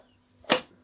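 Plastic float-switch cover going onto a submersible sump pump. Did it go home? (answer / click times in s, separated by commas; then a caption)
yes / 0.5 s. The small plastic cover over the float switch of a DAB Verty Nova submersible sump pump is pressed back on by hand. It snaps into place with one sharp click at 0.5 s, and the cover is seated.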